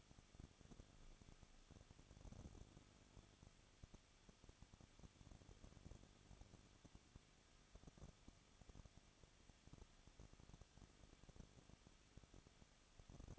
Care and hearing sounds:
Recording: daily activity, microphone in the room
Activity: no activity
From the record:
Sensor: 4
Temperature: 23.1 degrees Celsius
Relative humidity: 34.3%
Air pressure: 1007.2 hPa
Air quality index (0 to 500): 214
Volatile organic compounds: 14 ppm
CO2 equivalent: 2463 ppm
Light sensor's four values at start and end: 2/3/1/1 and 2/3/1/1

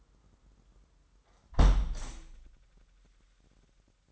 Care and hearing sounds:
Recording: daily activity, microphone in the room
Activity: close window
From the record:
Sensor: 3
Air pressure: 998.6 hPa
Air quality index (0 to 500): 134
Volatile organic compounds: 4 ppm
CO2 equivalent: 1605 ppm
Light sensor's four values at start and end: 8/20/8/9 and 8/19/8/8

